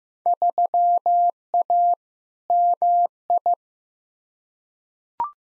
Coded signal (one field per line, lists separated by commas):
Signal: Morse code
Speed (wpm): 15 wpm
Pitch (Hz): 700 Hz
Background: none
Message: 3A MI